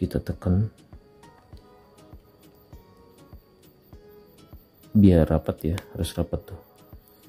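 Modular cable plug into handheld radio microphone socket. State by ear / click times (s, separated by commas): not seated / none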